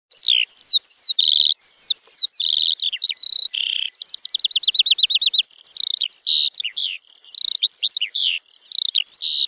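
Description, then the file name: Eurasian skylark song, a continuous rapid stream of varied chirps, trills and whistled, downslurred notes, including a fast repeated run, with no other sounds. "allodola"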